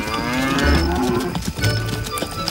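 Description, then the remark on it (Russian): A herd of cows being brought home to a village in the evening moo in low, drawn-out calls, two main bellows with overlapping lowing from several animals, steady and fairly loud with no talking. “К вечеру Кришна собрал стадо и вернулся домой в деревню.”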